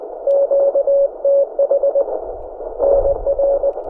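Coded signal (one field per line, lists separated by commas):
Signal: Morse code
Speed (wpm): 19 wpm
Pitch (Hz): 560 Hz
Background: none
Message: QTH NR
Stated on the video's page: Field operation in the mountains with a PRC-320 and Elecraft K1.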